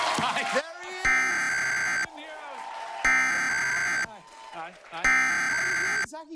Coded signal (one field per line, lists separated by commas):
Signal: Emergency Alert System (SAME) tones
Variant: header bursts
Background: speech